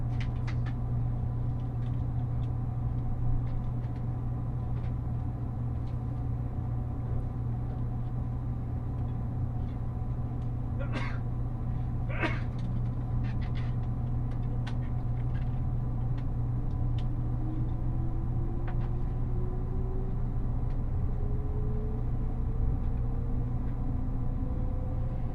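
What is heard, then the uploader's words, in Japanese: Inside the Nishi-Kyushu Shinkansen running from Nagasaki toward Saga, a steady low rumble fills the whole recording with a constant hum and faint whining tones. A rising whine grows from about 15 seconds, and brief clicks and knocks occur near 11 and 12 seconds. 西九州新幹線 長崎→佐賀。西九州新幹線の全線通し、全駅停車の列車に乗って佐賀まで向かいます。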